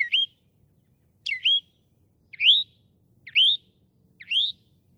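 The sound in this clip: Northern mockingbird song: five slurred whistled notes, roughly one each second, in quiet surroundings.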